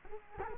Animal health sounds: mosquito wingbeat signal from an infrared sensor; Culex quinquefasciatus

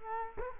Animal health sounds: mosquito wingbeat signal from an infrared sensor; Culex quinquefasciatus

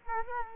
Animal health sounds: mosquito wingbeat signal from an infrared sensor; Culex quinquefasciatus

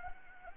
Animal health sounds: mosquito wingbeat signal from an infrared sensor; Anopheles gambiae

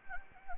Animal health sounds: mosquito wingbeat signal from an infrared sensor; Anopheles gambiae

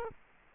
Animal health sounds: mosquito wingbeat signal from an infrared sensor; Culex quinquefasciatus

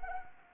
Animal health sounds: mosquito wingbeat signal from an infrared sensor; Anopheles arabiensis

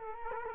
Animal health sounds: mosquito wingbeat signal from an infrared sensor; Culex quinquefasciatus

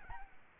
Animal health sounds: mosquito wingbeat signal from an infrared sensor; Aedes albopictus

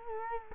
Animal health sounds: mosquito wingbeat signal from an infrared sensor; Culex quinquefasciatus

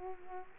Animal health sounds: mosquito wingbeat signal from an infrared sensor; Culex quinquefasciatus

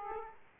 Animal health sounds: mosquito wingbeat signal from an infrared sensor; Aedes aegypti

